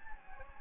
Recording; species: mosquito wingbeat signal from an infrared sensor; Anopheles gambiae